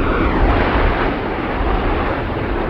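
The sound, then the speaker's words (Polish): A loud, steady jet roar fills the whole clip, a dense rumbling wash of engine noise with no voices, as an F-16 fighter jet flown by Major pilot Dominik Duda of the 31st Tactical Air Base passes overhead while showing its range of manoeuvres. “Zobaczyliście cały wachlarz tak naprawdę, tego co potrafi F-16.”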